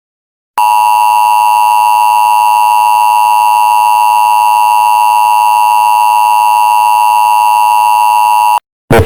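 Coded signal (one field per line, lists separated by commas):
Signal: Emergency Alert System (SAME) tones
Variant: 853 and 960 Hz attention tone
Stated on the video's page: Fictional EAS scenario parodying anti-piracy screens.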